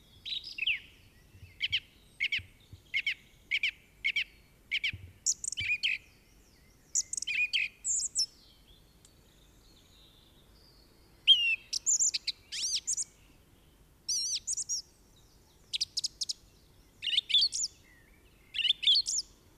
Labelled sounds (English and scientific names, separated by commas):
Song Thrush (Turdus philomelos) song